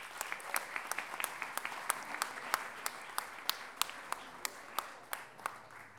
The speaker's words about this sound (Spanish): así que Paula Miranda, un aplauso para ella